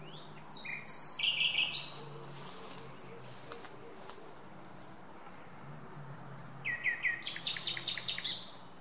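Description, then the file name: Common nightingale singing varied high phrases, including thin whistles and a fast rattling series of repeated notes near the end. "Luscinia megarhynchos"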